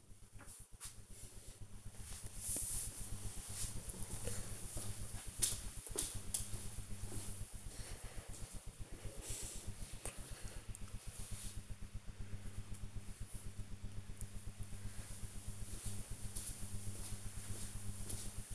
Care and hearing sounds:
household activities, microphone on the right wrist
none

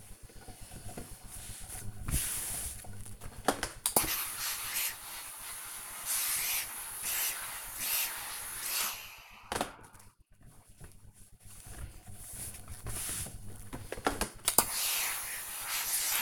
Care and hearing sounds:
household activities, microphone on the right wrist
0.00-16.22 s: ironing laundry

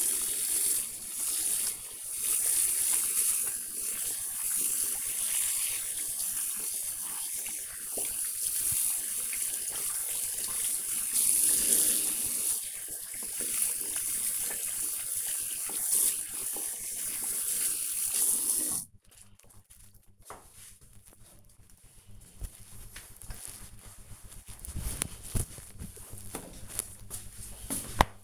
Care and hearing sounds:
household activities, microphone on the right wrist
0.00-19.64 s: washing hands

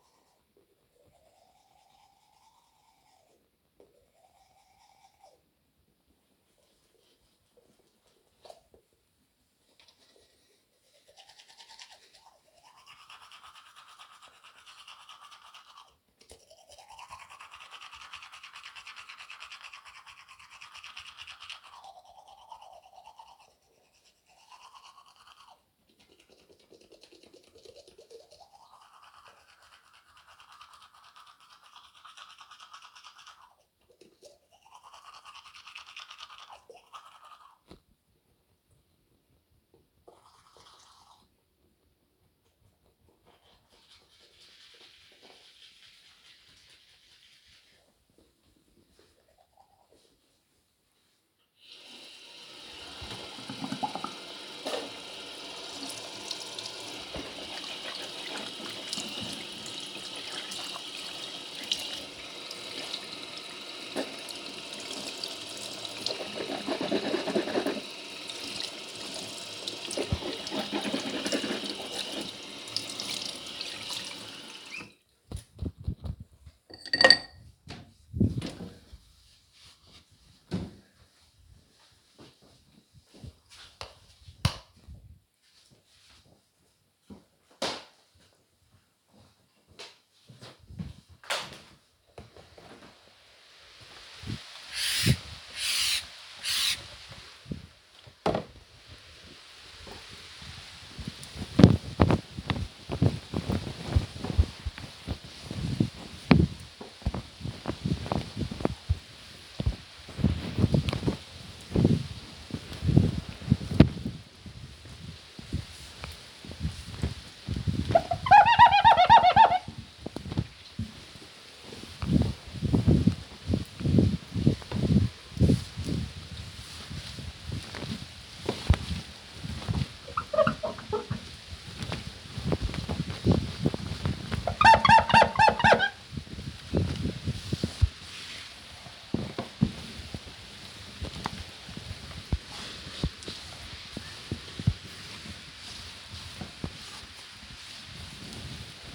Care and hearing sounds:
household activities, microphone on the right wrist
0.00-75.27 s: brushing teeth
96.38-148.95 s: window cleaning

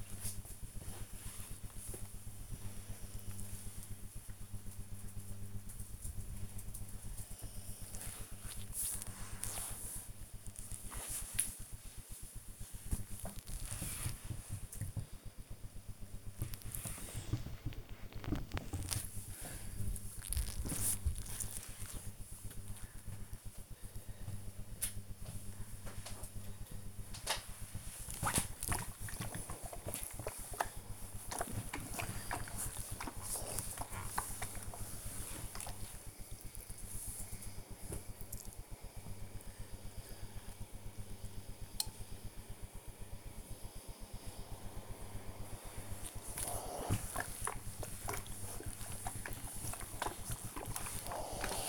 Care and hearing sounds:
household activities, microphone on the right wrist
0.00-13.09 s: folding laundry
20.12-51.69 s: ironing laundry

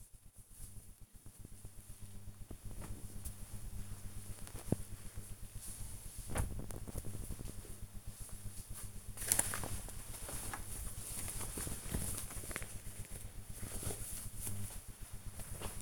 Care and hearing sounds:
household activities, microphone on the right wrist
0.00-15.82 s: folding laundry

